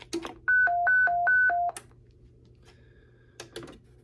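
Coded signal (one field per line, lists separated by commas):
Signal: roger beep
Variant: Stryker roger beep 5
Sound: key click, then a quick six-note high-low warble over about 1.2 seconds, then a click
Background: radio static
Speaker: is Roger beep 5, factory.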